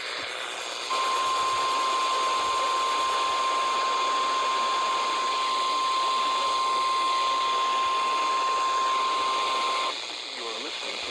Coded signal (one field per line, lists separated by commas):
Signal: Emergency Alert System (SAME) tones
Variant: 1050 Hz attention tone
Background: speech